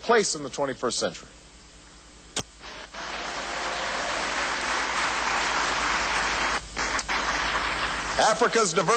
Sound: applause